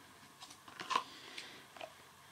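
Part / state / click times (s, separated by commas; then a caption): lid on a shaving soap container / not seated / none. A lid is set back onto a shaving soap container, making only light contact taps and rustles around 0.7–1.0 s and again near 1.4 s and 1.8 s. The lid just rests on top without snapping on, so nothing has seated or clicked.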